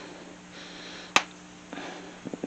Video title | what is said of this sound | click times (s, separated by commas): making a bear part 3 | i heard it click so now we're going to | 1.2 s